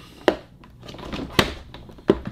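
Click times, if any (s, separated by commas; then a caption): 0.3 s, 1.4 s. After the notch on the bottom piece is lined up, a plastic side panel is pushed into the base of a plastic BCW comic book storage bin. Sharp plastic clicks sound at 0.3 s and 1.4 s, with another snap near 2.1 s and a quiet rustle of handling between them. The panel is seated and locked in.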